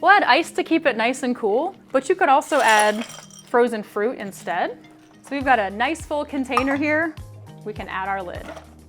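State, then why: Not seated. Someone talks while ice goes into a Vitamix blender container and the plastic lid is brought to the full container, with a brief sharp sound right at the end of the clip. The lid has not snapped onto the container's sides yet, and nothing has seated or clicked.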